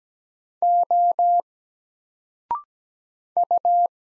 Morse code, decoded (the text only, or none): O U